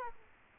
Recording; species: mosquito wingbeat signal from an infrared sensor; Culex quinquefasciatus